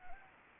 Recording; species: mosquito wingbeat signal from an infrared sensor; Anopheles gambiae